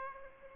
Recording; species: mosquito wingbeat signal from an infrared sensor; Aedes aegypti